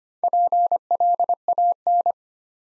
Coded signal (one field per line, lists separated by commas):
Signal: Morse code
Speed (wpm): 25 wpm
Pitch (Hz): 700 Hz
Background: none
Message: PLAN